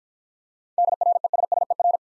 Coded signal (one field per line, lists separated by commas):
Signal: Morse code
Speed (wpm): 50 wpm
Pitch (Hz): 700 Hz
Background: none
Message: DRESSER